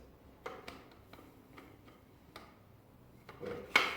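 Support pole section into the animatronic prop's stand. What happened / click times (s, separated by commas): The pole section twisted and locked into place / 3.8 s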